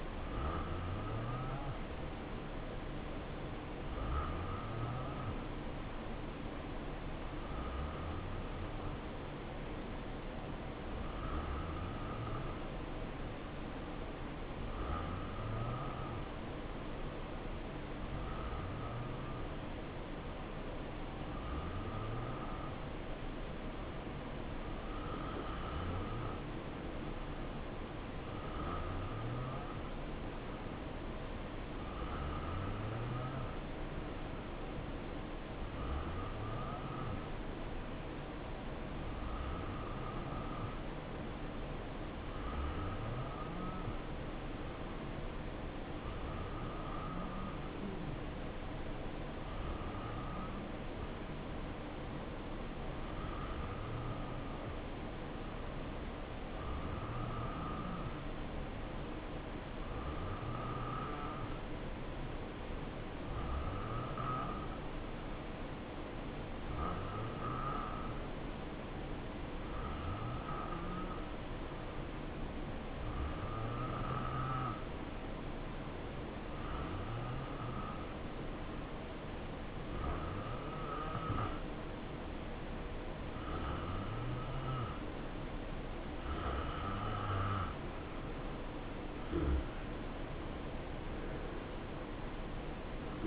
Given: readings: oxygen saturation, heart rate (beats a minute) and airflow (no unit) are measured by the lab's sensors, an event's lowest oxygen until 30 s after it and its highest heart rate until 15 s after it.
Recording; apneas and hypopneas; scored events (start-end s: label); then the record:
breathing in sleep by a voice recorder at the bedside; 1
36.00-82.20 s: hypopnea (N2, oxygen 91% highest, then 86% lowest, heart rate 66 at the start, 72 highest)
From the record:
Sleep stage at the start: N2 (light sleep); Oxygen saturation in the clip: 88 to 92%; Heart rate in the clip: 60 to 72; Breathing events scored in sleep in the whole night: 277 in 7.4 hours asleep